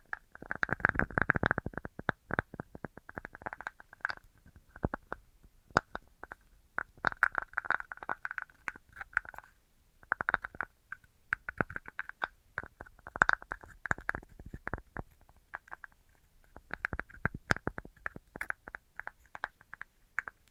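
Rapid fingertip tapping comes in quick irregular bursts of crisp clicks with a hollow, slightly ringing midrange tone. The densest flurry lands in the first two seconds, then tapping continues in shorter clusters with a brief gap near ten seconds.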